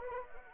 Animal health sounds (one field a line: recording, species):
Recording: mosquito wingbeat signal from an infrared sensor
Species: Anopheles arabiensis